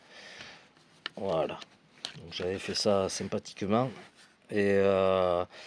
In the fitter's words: euh ça se clipse au châssis comme ça.